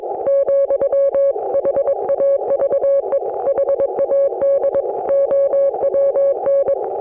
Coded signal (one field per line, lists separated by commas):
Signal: Morse code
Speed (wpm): 22 wpm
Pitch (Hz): 560 Hz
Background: none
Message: , HAVE HAD OWN